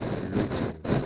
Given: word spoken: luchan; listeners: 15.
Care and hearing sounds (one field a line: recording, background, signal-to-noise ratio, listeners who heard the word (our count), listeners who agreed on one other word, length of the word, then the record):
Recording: one Spanish word in noise, from a listening test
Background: noise modulated by three-talker babble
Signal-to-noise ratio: -4.8 dB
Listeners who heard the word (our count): 3 of 15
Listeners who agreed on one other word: 6 of 15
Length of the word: 0.66 s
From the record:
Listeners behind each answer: 6, 3, 2, 1, 1, 1, 1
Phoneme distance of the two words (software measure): 7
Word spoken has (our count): 2 syllables, 5 phonemes, stress on syllable 1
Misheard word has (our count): 2 syllables, 4 phonemes, stress on syllable 1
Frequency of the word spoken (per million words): 5.15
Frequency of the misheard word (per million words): 133.94